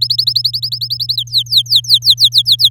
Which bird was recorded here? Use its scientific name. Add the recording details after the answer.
Serinus canaria. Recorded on 8 May 2018 at 05:38. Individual llb16